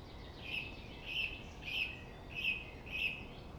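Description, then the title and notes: Song thrush song: one short note repeated five times at fairly even intervals, over low background noise. Singing at Friedhof Columbiadamm (Neuer Garnisonsfriedhof), a cemetery in Berlin, with distant city traffic noise; recorded on a Sony PCM D50. "Friedhof Columbiadamm, Berlin - Song thrush. Friedhof Columbiadamm (Neuer Garnisonsfriedhof), Song thrush (Singdrossel) singing, distant city. traffic noise"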